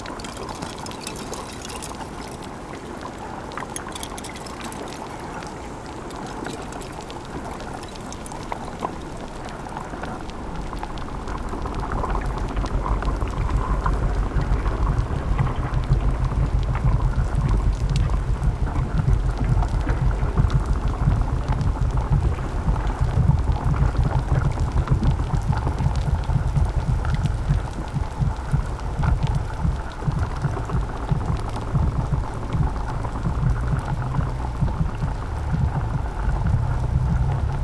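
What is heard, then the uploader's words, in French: Hydrophones lowered into a cove off St. Paul in the Pribilof Islands, in the Bering Sea. A dense, crackling patter runs throughout over a steady low rumble, with a faint hum near the middle. From about ten seconds the deep rumble swells and stays louder to the end. Plongée d'hydrophones dans une crique de St-Paul, une des îles Pribilof, dans la mer de Béring qui, la nuit, se glace. Sous la couche gelée, craquettent des crevettes-pistolet. L'eau solide travaille, gronde, chante.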